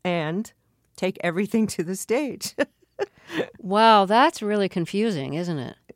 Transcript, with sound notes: and take everything to the stage.
(Soundbite of laughter)
Wow, that's really confusing, isn't it?